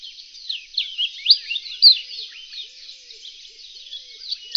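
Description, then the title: Reunion olive white-eye song: a jumbled, high warble of quick slurred notes with a few louder sharp chirps. "kicau pleci reunion olive white eye"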